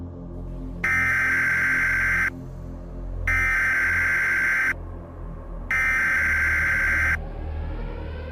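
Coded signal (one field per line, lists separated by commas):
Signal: Emergency Alert System (SAME) tones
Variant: header bursts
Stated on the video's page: Mock EAS tornado scenario for the Kansas City area, containing valid EAS tones.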